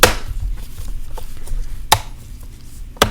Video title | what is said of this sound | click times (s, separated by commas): Replace Battery HP x360m Convertible Laptop | And you should just gently press this and you should hear those clicks. | 0.0 s, 1.9 s, 3.0 s